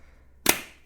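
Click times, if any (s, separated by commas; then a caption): 0.5 s. A lid is pressed onto the top of a Paris Rhone stainless steel gooseneck electric kettle, giving a single sharp snap at 0.5 seconds that rings briefly before fading. The lid is seated, snapped into place so it can't fall off.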